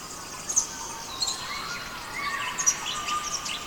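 Birds singing in a dense chorus, with high chirps and thin whistles overlapping against a steady background hiss.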